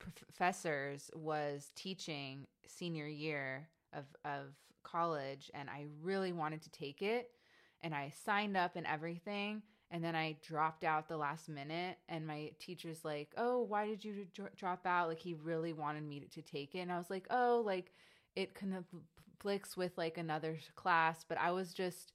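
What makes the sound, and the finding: Adult woman speaking. Stuttering.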